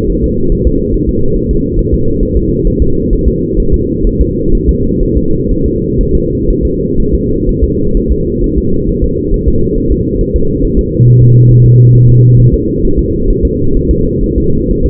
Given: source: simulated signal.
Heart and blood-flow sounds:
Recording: fetal heart sounds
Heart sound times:
0.10 s: S1
0.24 s: S2
0.52 s: S1
0.67 s: S2
0.94 s: S1
1.09 s: S2
1.36 s: S1
1.51 s: S2
1.79 s: S1
1.94 s: S2
2.23 s: S1
2.37 s: S2
2.67 s: S1
2.82 s: S2
3.13 s: S1
3.28 s: S2
3.60 s: S1
3.74 s: S2
4.07 s: S1
4.21 s: S2
4.55 s: S1
4.69 s: S2
5.03 s: S1
5.17 s: S2
5.52 s: S1
5.66 s: S2
6.01 s: S1
6.15 s: S2
6.50 s: S1
6.65 s: S2
7.00 s: S1
7.14 s: S2
7.49 s: S1
7.63 s: S2
7.97 s: S1
8.12 s: S2
8.44 s: S1
8.58 s: S2
8.89 s: S1
9.04 s: S2
9.34 s: S1
9.48 s: S2
9.78 s: S1
9.92 s: S2
10.21 s: S1
10.36 s: S2
10.64 s: S1
10.79 s: S2
11.08 s: S1
11.22 s: S2
11.51 s: S1
11.66 s: S2
11.95 s: S1
12.10 s: S2
12.40 s: S1
12.54 s: S2
12.85 s: S1
12.99 s: S2
13.30 s: S1
13.45 s: S2
13.77 s: S1
13.91 s: S2
14.24 s: S1
14.38 s: S2
14.71 s: S1
14.86 s: S2
From the record:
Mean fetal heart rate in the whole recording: 130 bpm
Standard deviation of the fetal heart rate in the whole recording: 4 bpm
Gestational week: 38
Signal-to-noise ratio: -16.4 dB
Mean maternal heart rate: 72 bpm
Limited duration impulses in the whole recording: present

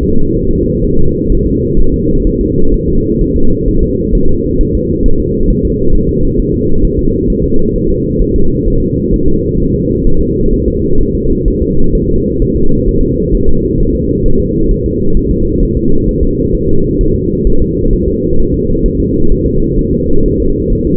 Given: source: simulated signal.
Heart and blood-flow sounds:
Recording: fetal heart sounds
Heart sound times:
0.03 s: S2
0.36 s: S1
0.51 s: S2
0.84 s: S1
0.99 s: S2
1.32 s: S1
1.47 s: S2
1.80 s: S1
1.94 s: S2
2.27 s: S1
2.41 s: S2
2.74 s: S1
2.88 s: S2
3.21 s: S1
3.36 s: S2
3.68 s: S1
3.83 s: S2
4.15 s: S1
4.29 s: S2
4.61 s: S1
4.75 s: S2
5.06 s: S1
5.20 s: S2
5.50 s: S1
5.65 s: S2
5.95 s: S1
6.09 s: S2
6.40 s: S1
6.54 s: S2
6.85 s: S1
6.99 s: S2
7.30 s: S1
7.44 s: S2
7.76 s: S1
7.90 s: S2
8.22 s: S1
8.36 s: S2
8.68 s: S1
8.82 s: S2
9.14 s: S1
9.28 s: S2
9.60 s: S1
9.74 s: S2
10.07 s: S1
10.21 s: S2
10.54 s: S1
10.68 s: S2
11.01 s: S1
11.15 s: S2
11.48 s: S1
11.62 s: S2
11.95 s: S1
12.10 s: S2
12.42 s: S1
12.56 s: S2
12.88 s: S1
13.03 s: S2
13.35 s: S1
13.49 s: S2
13.80 s: S1
13.95 s: S2
14.26 s: S1
14.40 s: S2
14.71 s: S1
14.86 s: S2
15.17 s: S1
15.31 s: S2
15.63 s: S1
15.77 s: S2
16.09 s: S1
16.23 s: S2
16.55 s: S1
16.69 s: S2
17.01 s: S1
17.15 s: S2
17.47 s: S1
17.62 s: S2
17.93 s: S1
18.08 s: S2
18.40 s: S1
18.54 s: S2
18.86 s: S1
19.00 s: S2
19.32 s: S1
19.46 s: S2
19.79 s: S1
19.93 s: S2
20.26 s: S1
20.40 s: S2
20.73 s: S1
20.87 s: S2
From the record:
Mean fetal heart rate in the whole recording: 130 bpm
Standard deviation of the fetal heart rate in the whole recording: 4 bpm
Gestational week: 38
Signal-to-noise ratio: -19.1 dB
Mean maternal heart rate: 72 bpm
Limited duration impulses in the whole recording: present

